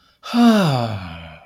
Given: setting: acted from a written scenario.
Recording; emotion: vocal sound without words; relief